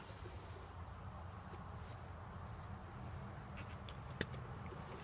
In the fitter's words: I might have heard that one snap that snap pretty good